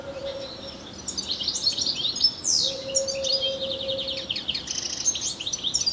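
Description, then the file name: European Goldfinch chirps, a lively run of tinkling and sliding notes, with a long level low tone underneath in the middle. "Carduelis carduelis"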